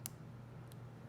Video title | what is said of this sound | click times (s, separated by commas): How To Choose The Best Red Dot Sight for the Glock 43X MOS | pops right in there | 0.1 s